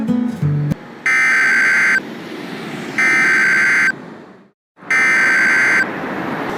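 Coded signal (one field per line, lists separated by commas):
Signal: Emergency Alert System (SAME) tones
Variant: header bursts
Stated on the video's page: Fictional EAS scenario, reuploaded.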